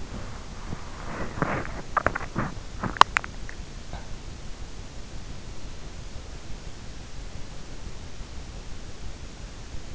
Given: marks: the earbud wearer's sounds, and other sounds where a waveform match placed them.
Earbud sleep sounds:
sounds in sleep by an in-ear microphone; body movement, teeth grinding
0.00-2.37 s: body movement
1.77-4.21 s: teeth grinding

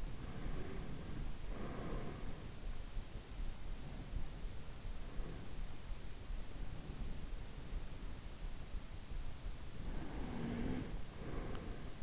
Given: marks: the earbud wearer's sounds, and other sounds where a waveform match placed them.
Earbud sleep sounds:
sounds in sleep by an in-ear microphone; breath
0.00-2.45 s: breath
9.72-12.03 s: breath

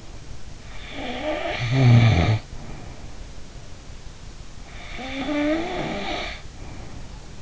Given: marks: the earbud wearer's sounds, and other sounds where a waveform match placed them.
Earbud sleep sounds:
sounds in sleep by an in-ear microphone; snoring breath
0.91-3.32 s: snoring breath
4.81-7.42 s: snoring breath

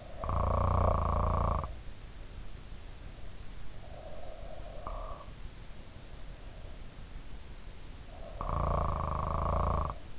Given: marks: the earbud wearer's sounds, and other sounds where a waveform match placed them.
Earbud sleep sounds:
sounds in sleep by an in-ear microphone; snoring breath
0.00-1.85 s: snoring breath
3.74-5.28 s: snoring breath
8.05-10.19 s: snoring breath

